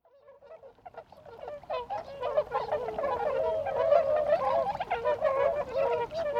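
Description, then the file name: Bewick's swan flock calling, a dense chorus of overlapping honking, bugling notes that builds in loudness over the first seconds and then stays steady. "kohakucho"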